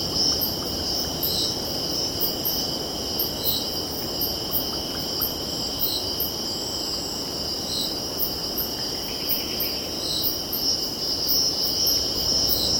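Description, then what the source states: Cicadas keep up a level, droning buzz with rhythmic high pulses throughout, and an ongoing low wash of ocean. Cicadas stridulating with distant ocean in background.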